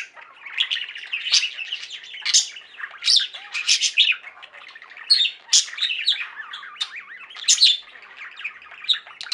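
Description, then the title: Budgerigar chattering, buzzy twittering mixed with clicks and bright squeaky notes bursting out roughly every second, some slurred whistles rising and falling. "Budgie Sounds"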